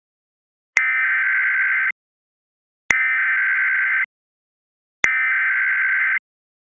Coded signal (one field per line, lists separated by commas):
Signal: Emergency Alert System (SAME) tones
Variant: header bursts